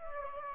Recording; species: mosquito wingbeat signal from an infrared sensor; Aedes aegypti